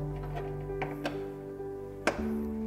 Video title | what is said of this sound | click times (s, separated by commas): Tutorial Pasang Flaring yang benar agar tidak bocor! - DAIKIN MULTI-S | bunyi klik pengencangan | 2.1 s